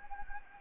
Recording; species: mosquito wingbeat signal from an infrared sensor; Anopheles gambiae